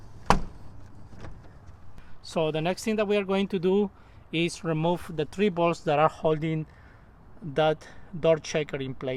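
On a Honda Element, the plastic door panel is pried off the other side of the car door during a door checker installation, and its plastic retaining clips pop out with one loud, sharp pop at 0.3 s, releasing the panel. After a short quiet stretch, someone talks for the rest of the clip.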